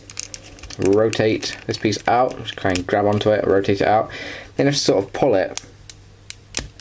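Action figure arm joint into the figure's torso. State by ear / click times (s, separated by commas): seated / 6.6 s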